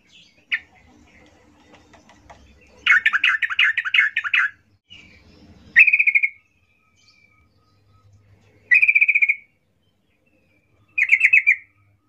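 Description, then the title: Yellow-vented Bulbul song: a sharp note, a long burst of rapid, bubbly chatter, then three short trilled, rolling phrases spaced a few seconds apart. Local name trucuk; vigorously singing (gacor) bird used as a lure (pancingan), described as ropel ngalas, to make other trucuk birds sing. "GACOR Ropel Ngalas Pancingan Trucukan Agar Bunyi Jadikan Burung Trucuk"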